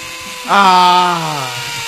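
An electric drill whirs to life abruptly, giving a loud, steady buzzing whine that sags slightly in pitch over about a second and a half as it winds down.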